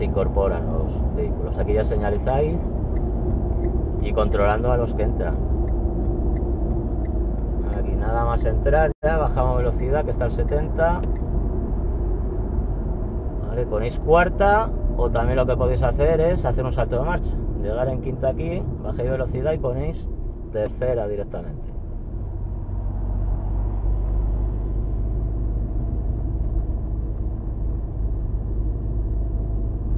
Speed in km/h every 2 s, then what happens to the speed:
87, 85, 82, 78, 76, 73, 68, 65, 59, 47, 38, 36, 40, 42, 42.
0-20 slows to 38. 20-30 steady at about 40.